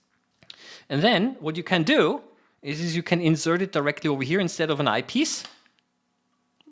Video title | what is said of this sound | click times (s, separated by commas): Testing my new Microtome | just like a lens it locks in place | 0.5 s